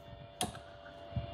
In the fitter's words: that detent, you could hear it locks in.